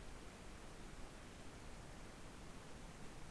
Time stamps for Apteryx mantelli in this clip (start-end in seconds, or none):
none